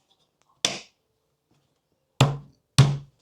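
A plastic top panel for a VECELO 3-drawer narrow bathroom storage cabinet (a mobile, slim, plastic rolling organizer cart) is placed over two holes and pressed down firmly onto the plastic frame. Three sharp snaps are heard at 0.7, 2.2 and 2.8 seconds, the last two carrying a low thump. The top snaps into place and locks onto the frame.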